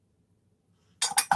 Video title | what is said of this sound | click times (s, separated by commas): Ladydarksky® Kitchen Aid Professional, food grinder attachment, wire rack i Bought From Amazon😱😍 | just put it on turn it locks in place | 1.0 s